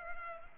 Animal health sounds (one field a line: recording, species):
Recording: mosquito wingbeat signal from an infrared sensor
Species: Culex pipiens